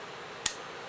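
The bolt of a 2240 CO2 pellet gun is lifted and pulled back to cock it. A single sharp mechanical click at 0.5 seconds marks the first of two clicks as the bolt engages, over a low steady background hiss. No one talks.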